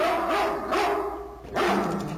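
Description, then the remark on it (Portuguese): A guard dog barks three times, loud, full-throated woofs with short gaps between them and no voices over the top. “Cão de guarda do ouvinte da Mirante.”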